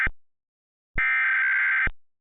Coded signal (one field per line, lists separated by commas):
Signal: Emergency Alert System (SAME) tones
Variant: header bursts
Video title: EAS - EASyPLUS Modernization